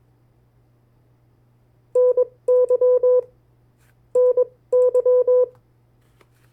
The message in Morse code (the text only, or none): NY NY